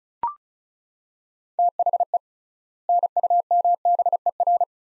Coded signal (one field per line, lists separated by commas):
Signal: Morse code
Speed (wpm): 34 wpm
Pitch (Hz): 700 Hz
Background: none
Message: THE NUMBER